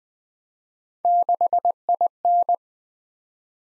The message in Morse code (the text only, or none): 6IN